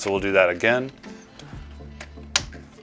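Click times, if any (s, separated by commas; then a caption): 2.4 s. Someone talks while a memory module, now lined up the right way after first being tried backwards, is pushed down into a motherboard DIMM slot. Faint ticks come before a sharp click at 2.4 s as the retention clip snaps shut. The module is seated.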